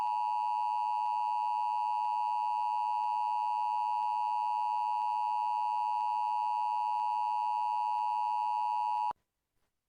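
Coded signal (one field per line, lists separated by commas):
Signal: Emergency Alert System (SAME) tones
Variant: 853 and 960 Hz attention tone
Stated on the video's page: Required weekly test on an FM station.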